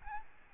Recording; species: mosquito wingbeat signal from an infrared sensor; Aedes albopictus